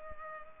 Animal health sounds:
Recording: mosquito wingbeat signal from an infrared sensor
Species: Culex pipiens

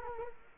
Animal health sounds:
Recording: mosquito wingbeat signal from an infrared sensor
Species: Culex quinquefasciatus

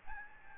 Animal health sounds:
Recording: mosquito wingbeat signal from an infrared sensor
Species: Aedes albopictus

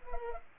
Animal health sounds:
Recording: mosquito wingbeat signal from an infrared sensor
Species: Culex pipiens

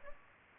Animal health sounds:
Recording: mosquito wingbeat signal from an infrared sensor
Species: Aedes aegypti

